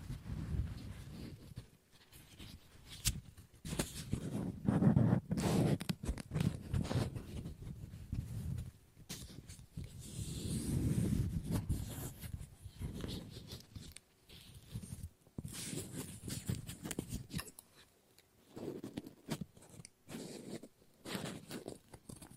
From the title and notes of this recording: ASMR Scissors No Talking Snips and Cutting Paper.